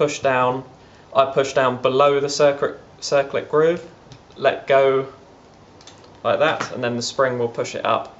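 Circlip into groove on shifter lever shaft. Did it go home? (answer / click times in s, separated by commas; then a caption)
no / none. A circlip on the shifter gear lever shaft of a Pro-Sim H-pattern shifter is being pushed down past its groove and released, so the spring can push it up into the groove. Someone talks throughout, with two faint ticks near 5.8 and 5.9 seconds. The clip ends before the part goes home, and nothing has seated or clicked yet.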